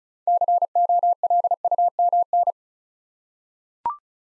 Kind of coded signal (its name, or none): Morse code